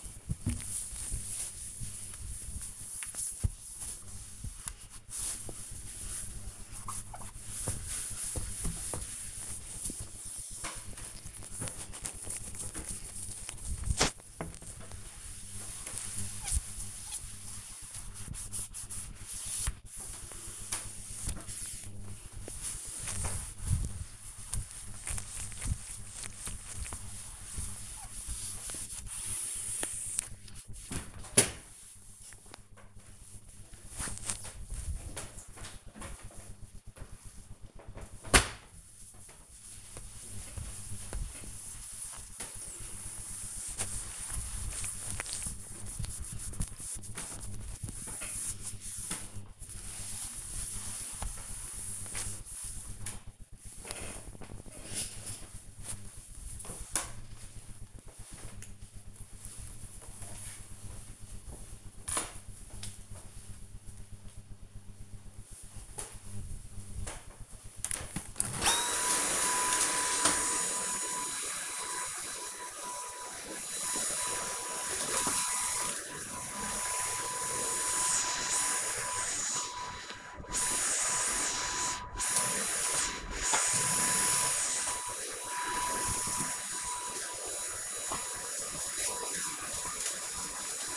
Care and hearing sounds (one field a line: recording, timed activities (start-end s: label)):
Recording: household activities, microphone on the right wrist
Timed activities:
0.00-54.02 s: window cleaning
65.06-90.97 s: vacuum cleaning